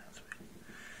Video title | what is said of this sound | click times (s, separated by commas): Adam reviews Paper Poseables papercraft models | and it'll pop into place and then if you want to | 0.3 s